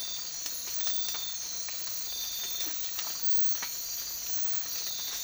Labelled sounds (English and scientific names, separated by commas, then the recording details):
none
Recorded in dense forest near Puerto Asís, Putumayo, Colombia, on 19 March 2025 at 03:30
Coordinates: 0.503, -76.323
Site GP09